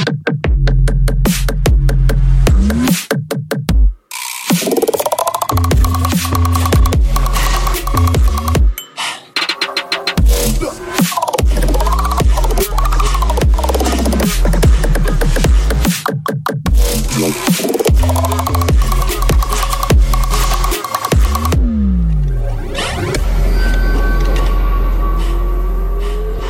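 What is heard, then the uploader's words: Robot noises: loud, busy mechanical whirring with rapid clicking bursts, and motor tones that sweep up and down again and again like servos moving. There are brief cutouts near 4 and 16 seconds, a steady low hum underneath, and a steadier whine to close. Robot noises.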